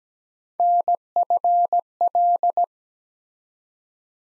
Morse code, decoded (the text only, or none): NFL